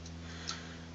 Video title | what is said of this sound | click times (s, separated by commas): Removable scales, 3 available soon.. | a nice flush snug fit it actually kind of snaps into place so um | 0.5 s